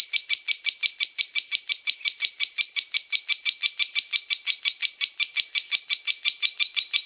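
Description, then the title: Lovebird song of steady, rapidly repeated high chirps, evenly spaced and bright. Champion bird, national-level winner. "Kicau Burung LoveBird, Suara Burung LoveBird Juara Nasional"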